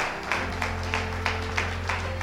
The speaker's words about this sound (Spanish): Y amén, dele un aplauso fuerte, fuerte, fuerte, fuerte, porque es para el Señor, amén, aleluya.